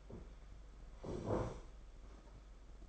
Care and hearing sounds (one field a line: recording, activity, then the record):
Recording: daily activity, microphone in the room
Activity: sit down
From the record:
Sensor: 5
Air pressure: 991.8 hPa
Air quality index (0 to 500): 144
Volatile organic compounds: 142 ppm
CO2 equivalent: 3987 ppm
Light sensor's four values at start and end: 32/108/40/43 and 32/108/40/43